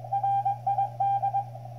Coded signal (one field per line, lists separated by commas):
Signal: Morse code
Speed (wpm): 20 wpm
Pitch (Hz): 790 Hz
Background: none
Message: RID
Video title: CW with Xiegu X6100